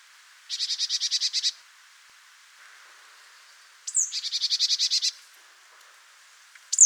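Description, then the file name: Marsh tit giving a rattling series of buzzy nasal notes, then a sharp falling note introducing another buzzy series, with a brief high note at the end. "Poecile palustris"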